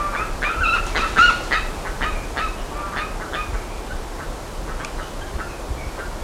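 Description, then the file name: Bird giving harsh, ringing call notes, loudest and most crowded in the first half, then thinning to scattered fainter notes over steady background noise. "SABIOD 50 bird 2015"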